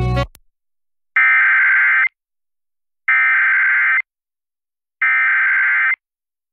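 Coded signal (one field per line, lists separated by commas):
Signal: Emergency Alert System (SAME) tones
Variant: header bursts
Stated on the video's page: Two Civil Emergency Messages for Freeborn County, Minnesota, received on NOAA Weather Radio.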